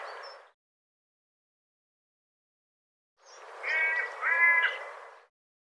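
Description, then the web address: Bird calling: the tail of a raspy note, a long quiet pause, then two rough, nasal harmonic notes in quick succession. "cianscape birddata"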